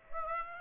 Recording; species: mosquito wingbeat signal from an infrared sensor; Aedes aegypti